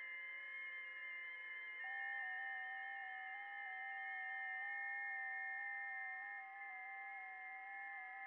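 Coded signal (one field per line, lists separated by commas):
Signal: FT8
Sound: several overlapping steady warbling tones, stepping slightly in pitch, continuous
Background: radio static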